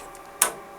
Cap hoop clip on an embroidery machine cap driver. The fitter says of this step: and you're going to use your thumb push to push click click